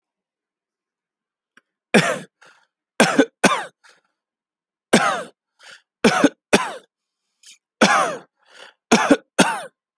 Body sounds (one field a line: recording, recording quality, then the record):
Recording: heavy voluntary cough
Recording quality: excellent, no background noise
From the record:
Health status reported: healthy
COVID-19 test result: negative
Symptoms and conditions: none ticked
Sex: male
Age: 26 years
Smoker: not ticked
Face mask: not worn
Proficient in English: yes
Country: India